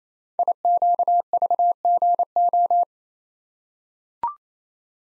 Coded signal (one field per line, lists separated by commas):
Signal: Morse code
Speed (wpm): 27 wpm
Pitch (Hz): 700 Hz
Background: none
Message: IQVGO